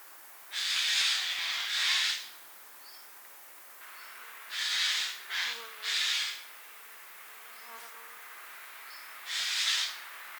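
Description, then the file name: Eurasian jay giving several loud, harsh, rasping screeches, singly and in short irregular groups, each under a second long, with faint high bird notes and a constant hiss behind. "Garrulus glandarius"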